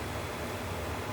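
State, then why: Not seated. A small plastic clip piece is handled against a model shoulder pad on a Bandai Star Wars Darth Vader kit, with a steady broadband hiss and low rumble and no distinct transients. Nothing has seated or clicked yet.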